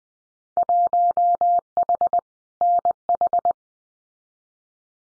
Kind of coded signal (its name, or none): Morse code